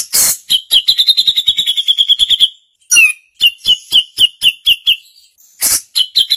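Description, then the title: Grey-cheeked bulbul chattering: a rapid train of short, sharp notes, then a slower series after a brief pause, with loud noisy bursts near the start and end. Female bird. "Cucak Jenggot Betina"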